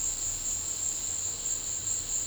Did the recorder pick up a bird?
no